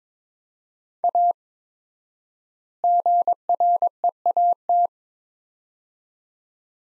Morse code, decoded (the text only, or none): A GREAT